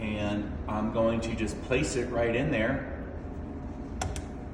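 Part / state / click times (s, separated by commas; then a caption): ink cartridge into a small label/receipt printer / seated / 4.0 s, 4.2 s. Someone talks while placing a new ink cartridge into the small label/receipt printer of a decontamination machine and pushing it in. Two short, sharp clicks are heard at 4.0 and 4.2 seconds as the cartridge snaps home and seats.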